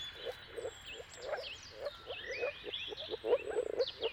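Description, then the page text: Moor frog calls come as quick soft bubbling pulses, while birds sing sliding whistled notes over them. Moor frog mating calls at sunrise, turn of March and April, timing depending on weather; recorded by Jakub Orzecki. "Jakub-Orzecki moor frogs. Dawn’s Chorus: Mating Calls of Marsh Frogs at Sunrise. Depending on the weather at the turn of March and April, you can witness an amazing spectacle of moor frogs"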